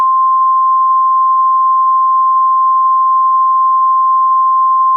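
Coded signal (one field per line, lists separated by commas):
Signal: Emergency Alert System (SAME) tones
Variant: 1050 Hz attention tone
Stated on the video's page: Fake mockup scenario of a tornado emergency in northeast Ohio, possibly using valid header tones.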